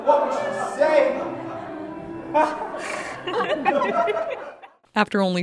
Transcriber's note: pause, then audience laughter